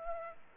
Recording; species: mosquito wingbeat signal from an infrared sensor; Aedes aegypti